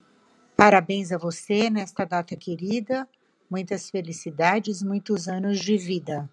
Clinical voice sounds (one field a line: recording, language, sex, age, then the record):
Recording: short text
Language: Brazilian Portuguese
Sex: female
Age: 50 to 59 years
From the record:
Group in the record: control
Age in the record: 59 years